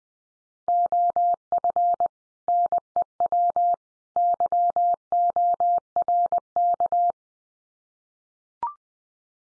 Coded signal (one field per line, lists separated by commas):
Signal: Morse code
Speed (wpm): 20 wpm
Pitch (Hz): 700 Hz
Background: none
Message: OF NEW YORK